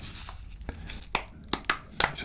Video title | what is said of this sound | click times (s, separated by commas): Fall Asleep IPHONE 13 PRO MAX Unboxing 📱[ASMR] | a lot of clicking into place | 1.2 s, 1.5 s, 1.7 s, 2.0 s